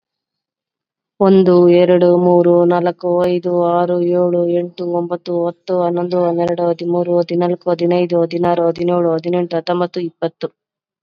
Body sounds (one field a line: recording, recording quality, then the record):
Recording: counting at a fast pace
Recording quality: excellent, no background noise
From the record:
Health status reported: COVID-19 positive, mild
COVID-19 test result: positive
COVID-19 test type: RT-PCR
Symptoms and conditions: cough, sore throat, fever, fatigue, muscle pain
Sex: female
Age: 36 years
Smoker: no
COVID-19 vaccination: both doses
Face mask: not worn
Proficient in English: yes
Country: India